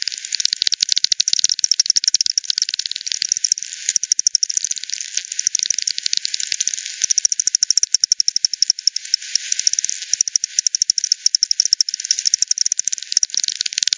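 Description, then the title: Bat echolocation calls made audible as a dense, rapid crackle of dry clicks from overlapping callers over a steady background hiss. Multiple bats at Hogsmill River, Hogsmill Lane, 7 October 2020 at 18:10; frequency-division bat detector output, band-pass filtered and resampled. "bat 20201007 T 18 : 10 Z-Hogsmill-Lane-Hogsmill-River-multiple-bats-FD 10"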